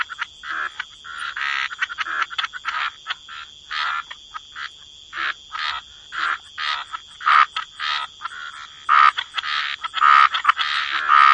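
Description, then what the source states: Rasping frog croaks sound in uneven pulses, growing louder toward the end, with a steady high drone underneath. Frog chorus.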